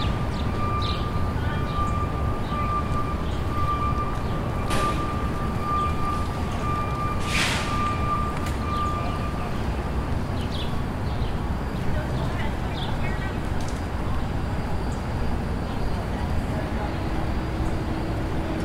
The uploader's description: the sounds of nature, bustling activity, and the anticipation of an approaching summer storm